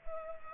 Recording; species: mosquito wingbeat signal from an infrared sensor; Culex pipiens